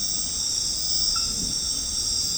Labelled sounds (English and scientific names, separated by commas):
none